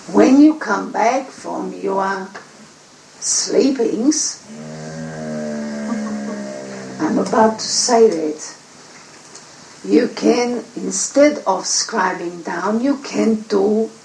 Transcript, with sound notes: When you come back from your sleepings, (Kirsty, the dog, make a groaning sort of noise into conversation.) I am about to say that, you can, instead of scribing down, you can do